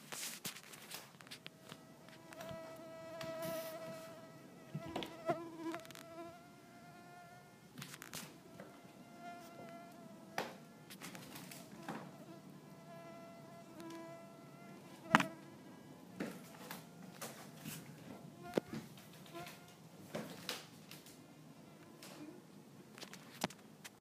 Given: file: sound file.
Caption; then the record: Acoustic recording from wild female Culex pipiens mosquito in a garden in Menlo Park, CA, USA. Recording was done by one of the authors using a 2010-model iPhone 4.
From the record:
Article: Using mobile phones as acoustic sensors for high-throughput mosquito surveillance